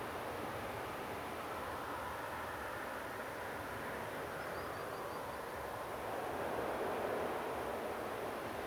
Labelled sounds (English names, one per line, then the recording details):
Common Sandpiper
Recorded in France